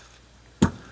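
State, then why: Seated. A side plate is pushed onto the back pin over the trigger group of a Glenfield Model 75 rimfire rifle. After a quiet stretch, one sharp, bright snap is heard at 0.6 s and fades within about a tenth of a second. The side plate seats onto the pin.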